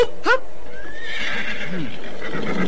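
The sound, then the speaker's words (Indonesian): A horse lets out a loud whinny, opening with a sharp high burst and then trailing off in a wavering, quivering neigh that dips in pitch before fading. “Ayo, naiklah ke atas kudamu, kak.”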